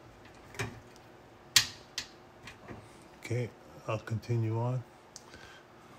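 A small screw is overtightened into a plastic stud of a Fanhome 1970 Dodge Charger scale model car, and a sharp crack at 1.6 s marks the stud's thread stripping out. Fainter ticks and clicks follow around 2.0 s, 2.5 s and 5.2 s, and someone talks.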